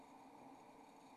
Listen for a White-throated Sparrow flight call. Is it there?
no